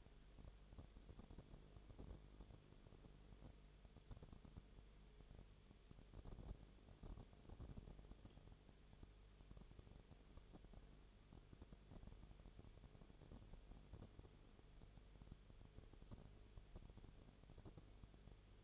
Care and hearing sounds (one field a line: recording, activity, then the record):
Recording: daily activity, microphone in the room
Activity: no activity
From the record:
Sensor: 4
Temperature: 22.0 degrees Celsius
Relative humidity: 29.6%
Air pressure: 1002.1 hPa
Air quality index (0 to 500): 60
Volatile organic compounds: 1 ppm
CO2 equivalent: 612 ppm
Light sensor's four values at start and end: 2/3/1/1 and 2/3/1/1